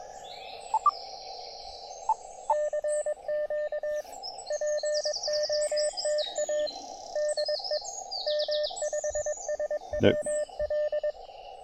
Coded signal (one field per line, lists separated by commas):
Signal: Morse code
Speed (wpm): 22 wpm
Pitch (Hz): 600 Hz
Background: none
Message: CQ POTA DE M5SWL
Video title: A Tiny Operating Spot on the River Tweed Estuary – 5W QRP POTA!